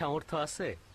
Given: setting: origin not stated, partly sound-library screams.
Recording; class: one-second piece from a danger detection set; normal situation